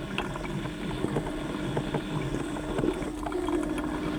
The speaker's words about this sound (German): Blubbern, wird hörbar.